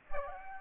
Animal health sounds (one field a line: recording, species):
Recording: mosquito wingbeat signal from an infrared sensor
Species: Aedes aegypti